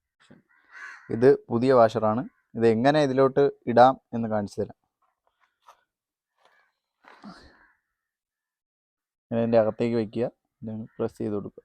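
A new rubber washer is handled and lined up with an LPG gas cylinder valve, ready to be pressed in. Someone talks in two stretches, with faint handling taps and a short rustle around 5.4–7.7 s in the quiet gap between them. Nothing has seated or clicked yet.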